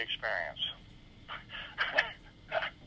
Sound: laughs